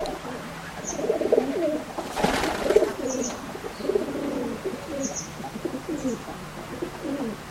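Birds cooing in low, soft, overlapping phrases, with a brief burst of broad noise near the middle and faint high chirps above.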